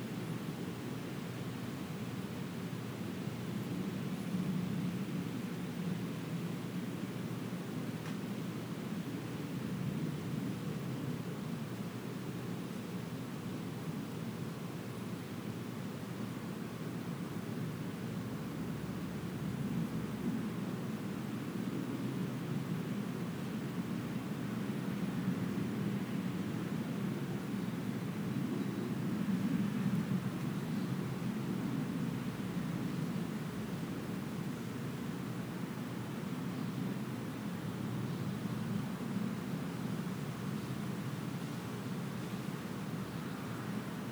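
Wind blows steadily on a warm day, a dense, even rush weighted toward the low end with a soft hiss above. The level stays nearly constant throughout, swelling slightly around the middle and again near thirty seconds without any sharp gust.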